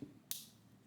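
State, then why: Seated. The deployed metal micro-adjustment extension of a Traska Seafarer Charcoal Black 5223 V3 watch bracelet clasp is pushed back in one notch. After a soft low thump at the start, a single sharp, bright, loud click rings out at 0.3 s and then fades. The micro-adjust ratchet clicks into place.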